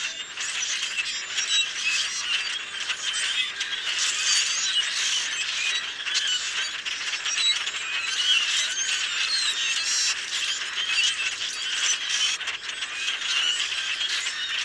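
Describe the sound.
Common grackle flock giving a continuous din of harsh, squeaky, ratchet-like chatter and scattered whistled notes across the whole stretch.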